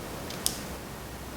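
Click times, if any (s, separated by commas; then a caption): 0.5 s. A Xiaomi Mi Band 4 plastic tracker capsule is placed on top of its magnetic/plastic charging cradle and pressed down with a little force. A single sharp, bright click sounds at 0.5 s against a low steady background. The capsule clips into place and is seated in the cradle.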